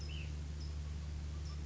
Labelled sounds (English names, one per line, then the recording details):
Ash-throated Flycatcher
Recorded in Sonoma County, California